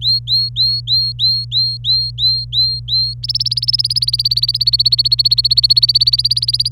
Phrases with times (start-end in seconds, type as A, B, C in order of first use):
0.01-3.14 A, 3.23-6.68 B